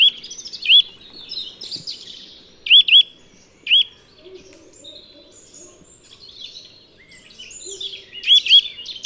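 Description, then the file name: Eurasian nuthatch calls: short upslurred whistled notes, single or in pairs, given irregularly among other faint bird chatter. "Sitta europaea"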